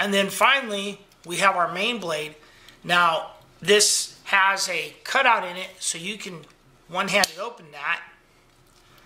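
Someone talks while handling the steel main blade of a Victorinox Ranger Grip 178 Swiss Army folding knife, being modified for a hex bit driver; the blade has a cutout for one-handed opening. Nothing has locked or seated yet: the blade has not yet locked open in the handle by the end of the clip.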